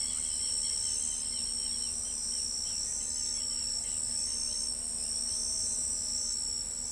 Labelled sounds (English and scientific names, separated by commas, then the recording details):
Southern Lapwing (Vanellus chilensis)
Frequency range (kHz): Southern Lapwing (Vanellus chilensis) 1.9-4.5 kHz
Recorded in pastures near Pivijay, Magdalena, Colombia, on 3 June 2023 at 05:00
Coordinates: 10.456, -74.369
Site P6-G026